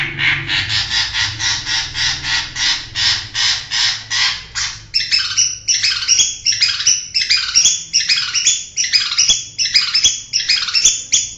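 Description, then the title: Long-tailed Shrike song: harsh pulsed notes repeated quickly, then a series of sharp, downward-sweeping notes. Tutor song used for training birds. "masteran cendet"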